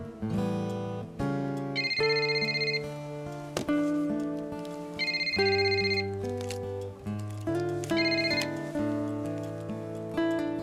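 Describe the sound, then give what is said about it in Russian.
A telephone rings in bright, high electronic bursts that repeat roughly every three seconds, set against steady sustained musical tones, with no one speaking. “Звонит телефон.”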